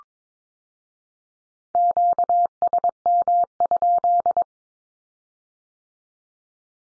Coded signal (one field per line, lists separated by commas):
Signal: Morse code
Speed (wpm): 22 wpm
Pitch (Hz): 700 Hz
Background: none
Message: QSM?